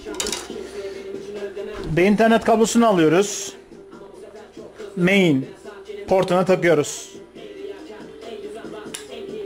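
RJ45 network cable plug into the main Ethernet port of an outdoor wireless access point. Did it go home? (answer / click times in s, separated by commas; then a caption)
yes / 8.9 s. An RJ45 Ethernet cable plug is pushed into the Main port of a Nanostation M5 outdoor wireless radio unit while someone talks. A short, sharp click is heard at 9.0 s as the connector seats in the port.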